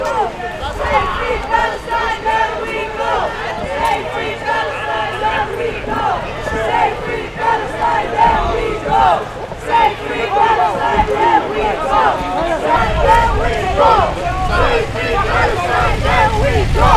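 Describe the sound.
A large crowd protesting the Palestinian genocide shouts loudly and angrily as about a hundred police officers drive activists back, many voices overlapping in sustained, chaotic yelling with rising chant-like bursts over a constant low rumble.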